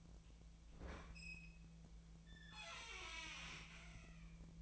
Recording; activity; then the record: daily activity, microphone in the room; open fridge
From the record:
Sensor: 1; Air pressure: 1009.7 hPa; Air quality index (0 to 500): 193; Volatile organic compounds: 19 ppm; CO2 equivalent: 2638 ppm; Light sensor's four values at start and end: 32/80/34/40 and 32/81/34/41